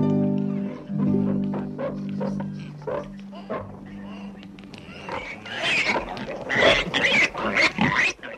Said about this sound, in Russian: Их кабы святой Витольд поразил проклятьем этих поганых свиней. Вамба! Вамба, обойди вокруг холма с наветренной стороны. Пугни их оттуда, тогда они пойдут домой смирно, будто невинные овечки.